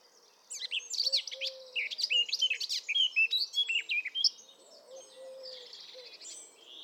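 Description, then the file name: Eurasian blackcap song: a rapid run of varied chattering and clear whistled notes over about four seconds, then quieter warbling, with a few low soft notes beneath. "Sylvia atricapilla"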